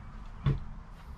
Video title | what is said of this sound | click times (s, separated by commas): Is REV Group Ruining Lance❓ Pre-REV Lance 975 vs REV Lance 975 Truck Camper Side-by-Side Comparison! | if you leave this right here out and not latched wait till you hear it click | 0.5 s